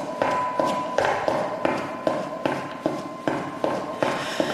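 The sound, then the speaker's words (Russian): A woman's steady footsteps walk down a psychiatric hospital corridor, each step a crisp tap in an even, unhurried rhythm, about two per second, with a faint constant hum underneath. “Идет по коридору.”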